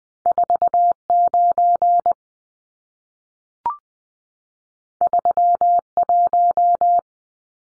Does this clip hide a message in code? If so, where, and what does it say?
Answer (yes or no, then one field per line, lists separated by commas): yes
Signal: Morse code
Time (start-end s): 0.3-7.0 s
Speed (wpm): 20 wpm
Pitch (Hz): 700 Hz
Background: none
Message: 49 31